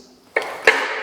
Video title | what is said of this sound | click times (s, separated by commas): JOYOR S5 ABE Certified E-Scooter Unboxing | did you hear that click that means you successfully unfolded it all right | 0.4 s